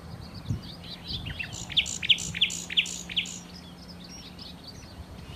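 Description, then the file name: Common nightingale song phrase: about five loud, sharp notes repeated roughly three per second, surrounded by softer twittering and a low background hum. "Nachtigall"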